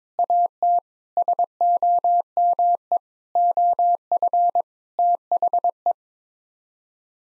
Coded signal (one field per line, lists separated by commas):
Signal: Morse code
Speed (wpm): 22 wpm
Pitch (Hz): 700 Hz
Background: none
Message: AT SOME OF THE